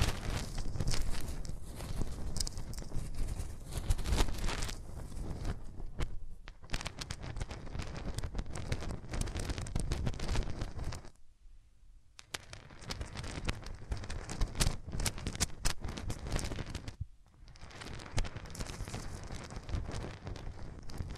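Hands rub over the ears in a continuous, dense rustling and scraping, full and low with a bright hiss on top. The rubbing runs mostly unbroken, with brief near-silent pauses around 6, 11 to 12, and 17 seconds before it resumes.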